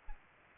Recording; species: mosquito wingbeat signal from an infrared sensor; Aedes aegypti